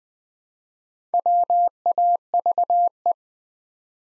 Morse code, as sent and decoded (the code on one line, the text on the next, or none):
.-- .- ...- .
WAVE